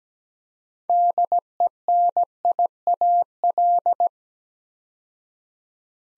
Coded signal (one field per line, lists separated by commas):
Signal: Morse code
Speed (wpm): 17 wpm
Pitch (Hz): 700 Hz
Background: none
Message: DENIAL